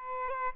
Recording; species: mosquito wingbeat signal from an infrared sensor; Aedes albopictus